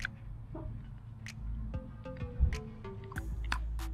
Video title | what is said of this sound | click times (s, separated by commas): Trask CheckM8 Vented Trans Cover Install - Harley Crankcase Breather - Harley Blow By Problem | There we go. You guys hear that little snap? | 3.5 s